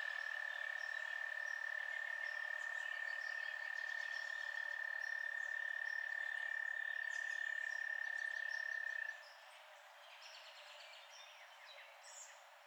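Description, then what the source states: Frog chorus with a long, level trill that cuts off after about nine seconds, leaving scattered faint chirps and pulsing calls. Frogs at night.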